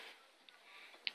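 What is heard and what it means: The plastic LCD bezel on a laptop display lid is pried apart at the edge, with a faint tick near 0.5 s over a quiet hiss. A plastic retaining clip then releases with a sharp click at 1.1 s, and the bezel pops open.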